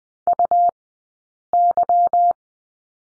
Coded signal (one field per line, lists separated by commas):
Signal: Morse code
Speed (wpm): 20 wpm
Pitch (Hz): 700 Hz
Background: none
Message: UY